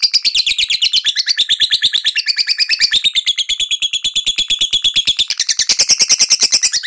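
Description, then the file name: Lovebird pouring out a fast, continuous rattling trill of rapid harsh notes for about seven seconds, its pitch wavering and climbing near the end. Lovebird singing in the ngekek style, a long chattering trill, described as auto gacor. "suara burung lovebird ngekek auto gacor"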